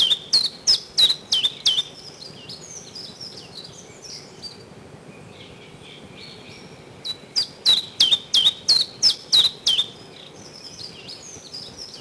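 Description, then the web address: Common chiffchaff song: a run of about eight sharp, even notes alternating slightly in pitch, a pause with faint high twittering, then a run of about ten. Recorded in spring. "vremena vesna 11 penochka-tinkovka"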